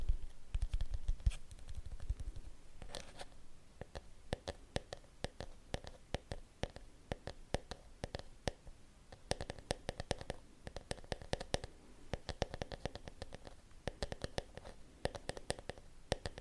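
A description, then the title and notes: Tapping fills the clip as dense, irregular clicks in quick succession, with some low thumps in the first two seconds. Tapping. In dieser Folge tippe ich für pure Entspannung, auf verschiedenen Gegenständen.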